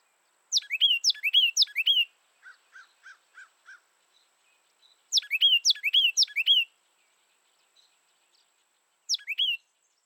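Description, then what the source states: Carolina wren song: loud, rolling phrases of repeated two-part whistled notes in three bursts, the first two lasting about one and a half seconds and the third shorter, with soft lower chips after the first. Nominate subspecies ludovicianus.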